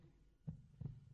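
A single heartbeat cycle of an adult heart: two dull, low thumps about a third of a second apart, the familiar lub-dub of the first and second heart sounds. A faint low hum runs underneath.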